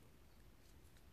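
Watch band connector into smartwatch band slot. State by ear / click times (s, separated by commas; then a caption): not seated / none. A metal mesh watch band end is handled at the band slot on an Apple Watch case, being lined up to slide in. Only low, steady rumble and faint handling noise are heard, with one brief soft tick at about 1.0 s. The band end has not clicked into the slot yet; nothing has seated.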